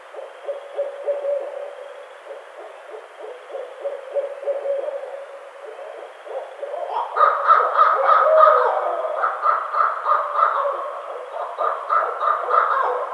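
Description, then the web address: Barred owl: low hoots at first, then a loud burst of harsh, rhythmic cackling notes repeated rapidly over several seconds. 23 April 2009. "Barred Owl 2009 04 23 Barred Owl 01"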